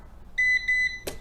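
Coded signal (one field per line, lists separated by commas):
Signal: beep code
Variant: keyless door lock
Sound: two short high beeps at about 2 kHz, then a click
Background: small room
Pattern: 2 short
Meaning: Code rejected; the default factory code has been deleted and the lock did not retract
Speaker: we got two beeps and it did not retract telling us that the default factory code has been deleted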